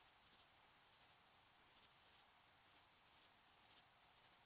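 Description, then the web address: Crickets give a shrill, high pulsed trill in short repeated bursts over a steady high hiss. Distant crickets in summer fields, evening and night, shrill high frequencies. "sonniss gdc audio. summer in the fields evening night. distant crickets shrill high frequencies flat night"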